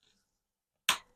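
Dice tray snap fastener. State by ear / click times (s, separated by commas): seated / 0.9 s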